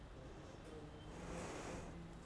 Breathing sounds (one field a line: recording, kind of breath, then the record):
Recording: one breath in and out by a microphone near the nose and mouth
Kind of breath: normal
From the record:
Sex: female